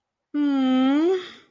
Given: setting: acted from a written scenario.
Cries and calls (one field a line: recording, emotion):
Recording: vocal sound without words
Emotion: romantic love